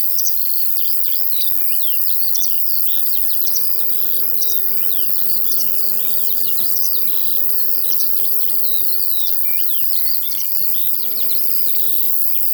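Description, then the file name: Crickets keep up a constant high-pitched buzz, overlaid by busy lark twittering and short whistles; a soft low tonal hum comes and goes. In a field, with larks heard alongside the crickets. "Sounds from a Field Larks and Crickets"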